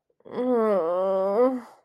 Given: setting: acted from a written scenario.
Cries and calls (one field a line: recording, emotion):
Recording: vocal sound without words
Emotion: guilt